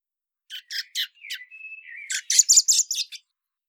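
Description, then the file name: Common blackbird phrase: a few scratchy notes and a thin level whistle, then a loud scratchy high twitter. "Turdus merula"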